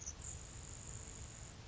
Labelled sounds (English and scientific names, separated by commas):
Grasshopper Sparrow (Ammodramus savannarum)